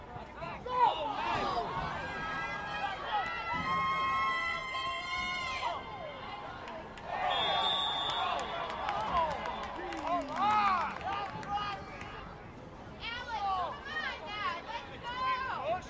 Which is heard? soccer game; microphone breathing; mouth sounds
soccer game